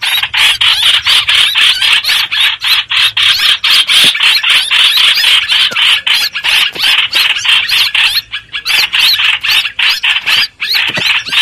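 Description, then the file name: Streak-eared bulbul giving harsh, squealing distress notes in a fast, unbroken series, nearly four per second, with a short lull near the end. Distress call, calling the flock. "Tieng chim trao trao keu cuu goi bay"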